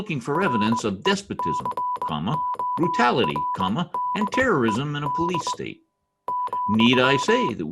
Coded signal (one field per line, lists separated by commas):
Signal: Morse code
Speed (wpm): 20 wpm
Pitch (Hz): 990 Hz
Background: speech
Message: RECORDED ,